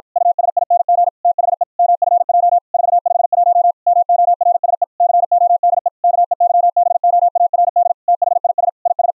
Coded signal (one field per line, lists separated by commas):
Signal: Morse code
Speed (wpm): 53 wpm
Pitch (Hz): 700 Hz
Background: none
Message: USING THE MFJ 451 MORSE CODE KEYBOARD THIS IS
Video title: The CW RE-Keyer System - a harsh 555 square wave IN - pure sine wave OUT - with Raised Cosine edges